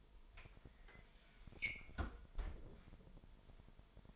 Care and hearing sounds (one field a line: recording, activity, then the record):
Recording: daily activity, microphone in the room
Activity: close fridge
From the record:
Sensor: 5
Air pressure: 1002.1 hPa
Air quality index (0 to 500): 225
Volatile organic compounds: 29 ppm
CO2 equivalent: 2926 ppm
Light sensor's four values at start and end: 10/23/10/11 and 9/21/9/10